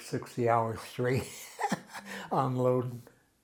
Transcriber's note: chuckles